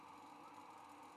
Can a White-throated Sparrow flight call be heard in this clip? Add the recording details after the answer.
no. No flight call is heard. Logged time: 22:04 on 15 November 2014